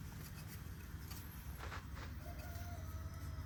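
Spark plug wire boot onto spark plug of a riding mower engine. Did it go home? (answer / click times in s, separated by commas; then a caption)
no / none. A rubber spark plug wire boot is handled near the metal terminal of the spark plug on a riding mower engine, ready to be pushed on until it clicks. A steady low rumble runs throughout, with brief soft handling noises around 1.6–2.0 seconds and faint high tones later on. The boot has not clicked or seated onto the plug yet.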